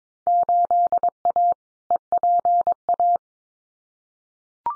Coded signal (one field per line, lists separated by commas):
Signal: Morse code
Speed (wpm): 22 wpm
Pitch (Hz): 700 Hz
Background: none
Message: 8A EPA